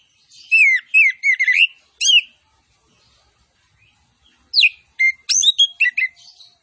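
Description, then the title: Orange-headed thrush song: quick slurred whistles and sharp chips in two rich bursts, with a quiet gap of about two seconds between them. Master recording of lively (gacor) song with full fill-in phrases, including cililin-style 'tembakan' bursts. "Anis Kembang Gacor. MASTERAN ANIS KEMBANG ISIAN FULL DENGAN TEMBAKAN CILILIN"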